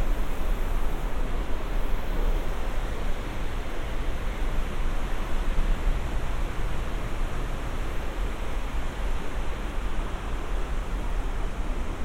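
A walk on the beach at Santa Monica Pier, with the wash of surf forming a steady, dense roar that holds even throughout. The sound is heavy in the low end, with a faint hiss above and no separate events standing out.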